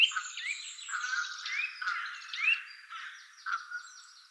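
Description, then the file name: Eurasian nuthatch giving a jumble of nasal, harmonic-rich notes mixed with a few short upslurred whistles, irregular and overlapping over about four seconds. "Sitta europaea"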